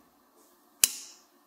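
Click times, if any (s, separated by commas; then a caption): 0.8 s. An adjustment knob on a hexapod external fixator frame strut, mounted on a sawbone model, is turned half a turn until it clicks into its detent. A single sharp, bright click lands at 0.8 s with a short ringing tail that fades by about 1.3 s over a quiet background. The knob seats in its half-turn detent.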